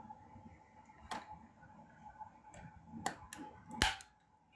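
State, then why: Seated. A plastic attachment for a Shark Navigator Lift-Away vacuum cleaner is turned to point outward and pushed into the vacuum body, with soft handling knocks and rattles around 1.1, 3.1 and 3.3 seconds. It snaps into place with a sharp click at 3.8 seconds, leaving the attachment seated, and a brief knock follows at the very end.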